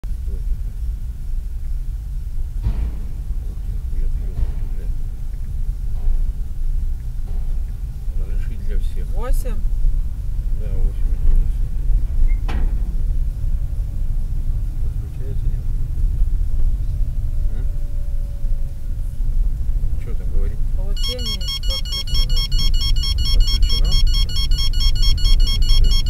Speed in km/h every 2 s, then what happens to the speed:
18, 15, 15, 16, 18, 20, 23, 25, 23, 22, 22, 18, 20.
0-5 steady at about 15. 5-13 speeds up to 25. 13-26 steady at about 22.